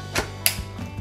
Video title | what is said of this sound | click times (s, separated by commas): Dyson V6 Matress - Accesoires et entretien | Quand vous entendez le petit clic, c'est que c'est bon. | 0.5 s